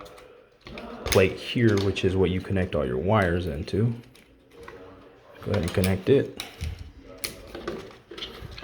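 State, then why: Seated. A plastic Honeywell T10 smart thermostat body is hooked onto the top of its wall-mounted backplate and pushed in at the bottom. Someone talks through most of the clip, with scattered small handling clicks. A sharp click at 7.2 seconds marks the thermostat snapping into place, seated on the plate.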